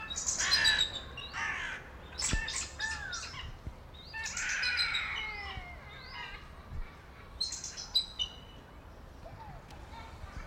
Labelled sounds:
Bald Eagle
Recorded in captivity
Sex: male
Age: adult
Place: Zoo Berlin, Berlin, DE
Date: 1995-02-11 15:31
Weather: bedeckt, 6°C
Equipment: Marantz CP 130, Sennheiser ME 80, Kopie Uher Variocord 263
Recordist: Tembrock, Günter
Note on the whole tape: Rufreihen, wohl Männchen

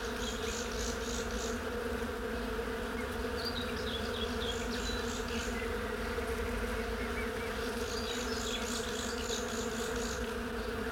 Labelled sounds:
Honey Bee
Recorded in the wild
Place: Ljubimez, Khaskovo, BG
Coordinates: 41.847, 26.086
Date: 1974-05-31
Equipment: Nagra III BH, Sennheiser MD 21, parabola
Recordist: Schubert, Michael

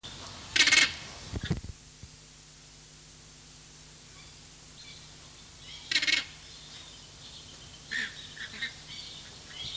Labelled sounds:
Andean Flamingo call
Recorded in captivity
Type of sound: call
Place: Zoo Berlin, Berlin, DE
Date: 2003-09-16 16:55
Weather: heiter, 25°C
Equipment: Fair Mate ST-1328 (Asahi Electronics, Japan), Sennheiser ME 80, Kopie Uher 4000 Report Monitor
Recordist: Tembrock, Günter
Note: Kurzlaute (Entfernung ca. 1 m). Starkes Grundrauschen

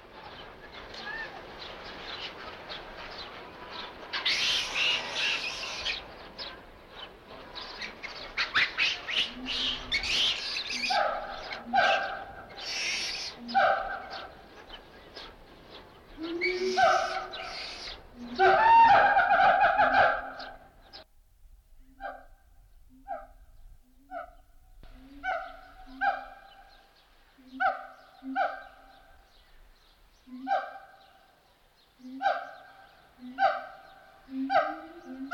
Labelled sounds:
Siamang
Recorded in captivity
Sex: pair
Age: adult
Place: Zoo Berlin, Berlin, DE
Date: 1989-04-18
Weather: diesig, 4-7°C
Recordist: Tembrock, Günter

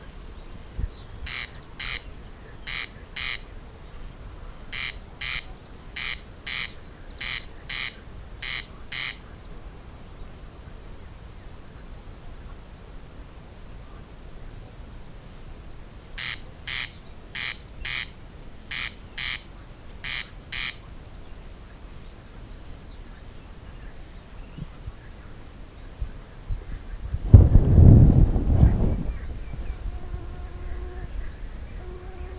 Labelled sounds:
Corn Crake
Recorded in the wild
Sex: male
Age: adult
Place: Schwedt/Oder, Nationalpark Unteres Odertal, Brandenburg, DE
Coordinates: 53.0413, 14.0413
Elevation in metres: 1
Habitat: grassland
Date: 2017-06-19 21:41
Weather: clear, 18°C, weak wind from East
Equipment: Olympus LS-3, Olympus ME31
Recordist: Frommolt, Karl-Heinz

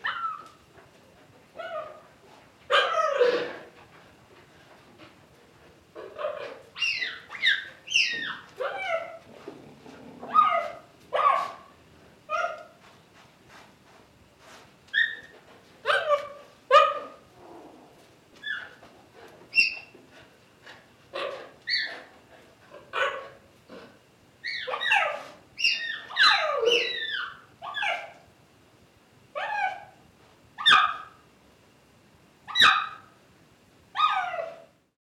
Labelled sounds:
Cheetah
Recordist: Tembrock, Günter

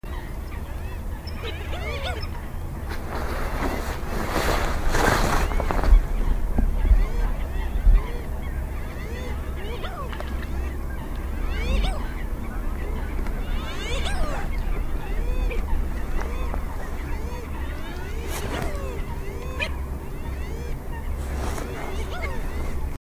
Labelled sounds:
Common Pochard
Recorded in the wild
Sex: male
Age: adult
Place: Kützerhof, Kummerower See, Mecklenburg-Vorpommern, DE
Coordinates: 53.8525, 12.8719
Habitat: wetland
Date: 2011-04-18 23:40
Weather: clear, full moon, 10°C, weak northerly winds
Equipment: Sound Devices 702, Sennheiser MKH 70, Rycote Windschutz
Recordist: Frommolt, Karl-Heinz
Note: Polder Kleine Rosin: Balzrufe vonTafelentenerpeln

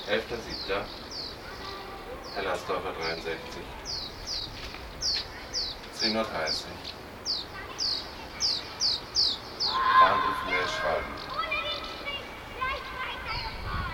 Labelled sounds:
Common House Martin call
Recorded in the wild
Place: Berlin, DE
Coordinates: 52.537, 13.605
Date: 1989-07-11 10:30
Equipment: Nagra III BH, Sennheiser MD 21, parabola
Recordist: Schubert, Michael

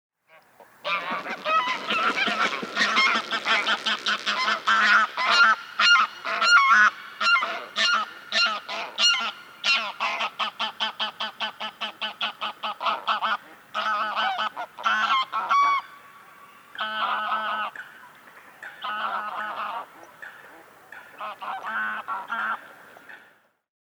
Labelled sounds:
Greylag Goose
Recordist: Frommolt, Karl-Heinz
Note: Rufe von auffliegenden Graugänsen

